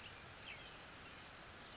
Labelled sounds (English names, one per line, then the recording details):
California Towhee
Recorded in Sonoma County, California